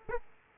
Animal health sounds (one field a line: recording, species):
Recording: mosquito wingbeat signal from an infrared sensor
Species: Aedes aegypti